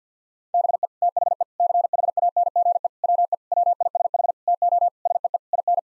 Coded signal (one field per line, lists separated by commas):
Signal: Morse code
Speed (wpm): 50 wpm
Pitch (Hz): 700 Hz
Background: none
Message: BE THE CHANGE WE WISH TO SEE IN